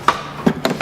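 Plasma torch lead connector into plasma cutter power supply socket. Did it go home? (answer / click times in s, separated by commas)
no / none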